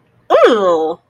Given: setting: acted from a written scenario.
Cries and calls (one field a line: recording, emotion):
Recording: vocal sound without words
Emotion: negative surprise